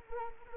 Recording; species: mosquito wingbeat signal from an infrared sensor; Anopheles arabiensis